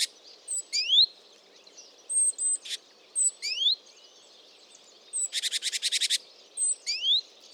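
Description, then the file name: Great tit calling with sharp upslurred whistles, a few thin high notes, and later a rapid harsh buzzy series of pulses. "Parus major"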